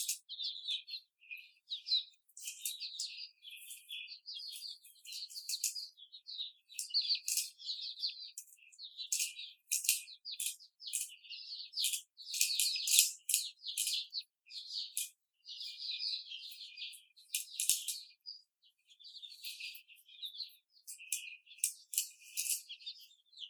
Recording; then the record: young laying hens in a cage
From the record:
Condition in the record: before the stressor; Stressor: simulated dog barking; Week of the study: 4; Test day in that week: 2